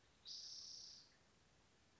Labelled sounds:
Spotted Towhee (Pipilo maculatus)
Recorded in Sonoma County, California

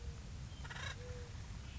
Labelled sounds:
Acorn Woodpecker (Melanerpes formicivorus)
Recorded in Sonoma County, California

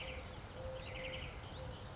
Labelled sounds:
Eurasian Collared Dove (Streptopelia decaocto)
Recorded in Sonoma County, California

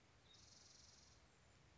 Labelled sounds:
Spotted Towhee (Pipilo maculatus)
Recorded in Sonoma County, California

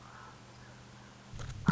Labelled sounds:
Common Raven (Corvus corax)
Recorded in Sonoma County, California

